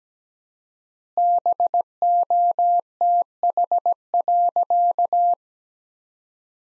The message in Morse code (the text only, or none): BOTH.